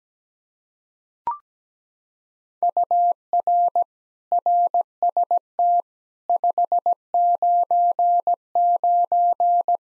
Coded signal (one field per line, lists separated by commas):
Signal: Morse code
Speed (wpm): 17 wpm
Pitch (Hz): 700 Hz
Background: none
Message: UR RST 599